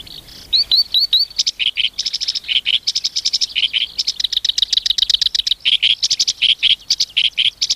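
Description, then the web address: Black-browed reed warbler song: a few rising whistled notes followed by a dense, fast, scratchy chattering. "sikioto. koyoshikiri"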